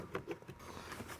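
The removed plastic section of the windshield cowl cover on a 2014–2018 BMW F15 X5 (or F16 X6), taken off during a cabin air filter replacement, is slid back into position on the mating cowl piece. It snaps into place with a sharp click at 0.1 s, followed by a softer click at 0.3 s and low handling noise. The cover section is seated.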